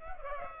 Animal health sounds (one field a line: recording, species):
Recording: mosquito wingbeat signal from an infrared sensor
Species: Culex pipiens